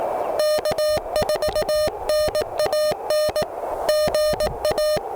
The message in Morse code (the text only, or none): K4NAN GA